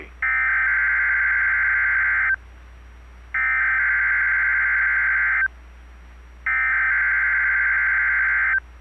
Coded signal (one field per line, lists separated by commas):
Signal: Emergency Alert System (SAME) tones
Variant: header bursts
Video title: 3/6/24 WXL51 Required Weekly Test (EAS #6)